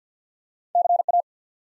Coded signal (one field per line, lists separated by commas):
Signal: Morse code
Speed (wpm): 50 wpm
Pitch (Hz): 700 Hz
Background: none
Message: CA